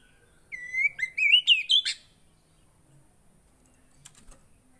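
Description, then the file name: Oriental magpie-robin song: one short phrase of clear rising and falling whistles with quick harsh notes, about one and a half seconds long, then near silence with faint clicks. Kacer song that makes a caged kacer agitated. "Burung kacer anda langsung emosi dengar ini"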